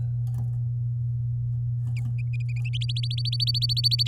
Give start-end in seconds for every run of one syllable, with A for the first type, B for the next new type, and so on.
2.73-4.03 A